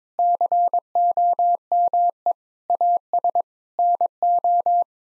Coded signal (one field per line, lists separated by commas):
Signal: Morse code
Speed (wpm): 22 wpm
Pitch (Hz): 700 Hz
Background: none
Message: COME AS NO